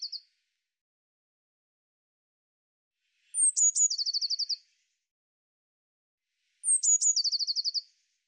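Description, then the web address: Eurasian blue tit calling: thin high notes sliding down into a buzzy rapid churr, given twice about three seconds apart after a brief note at the start; otherwise silent. "cianscape birddata Deverinetal 2025 File cleaned normalized Bird Cy Ca"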